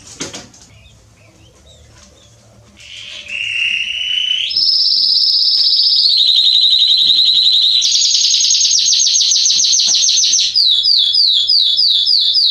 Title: Canary Training Esquente Seu Filhote E Canario Belga Em 30 Minutos Macho Cantando Muito. CANTO DO CANRIO